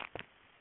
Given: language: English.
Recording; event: throat vibration sensor signal played as sound; swallow